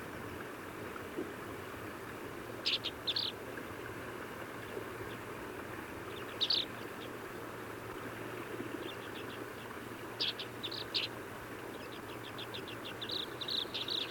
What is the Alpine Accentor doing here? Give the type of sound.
call